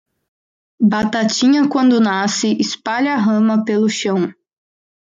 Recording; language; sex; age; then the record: short text; Brazilian Portuguese; female; 20 to 29 years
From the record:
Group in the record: control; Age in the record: 25 years